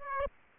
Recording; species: mosquito wingbeat signal from an infrared sensor; Aedes aegypti